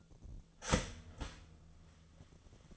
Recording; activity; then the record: daily activity, microphone in the room; start toaster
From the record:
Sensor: 4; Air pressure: 1010.1 hPa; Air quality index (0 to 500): 179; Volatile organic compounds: 5 ppm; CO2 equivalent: 1810 ppm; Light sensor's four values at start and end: 23/68/26/26 and 23/69/27/27